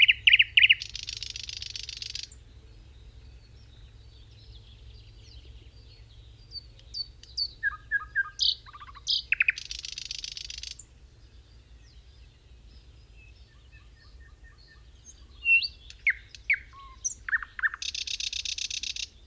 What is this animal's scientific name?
Luscinia luscinia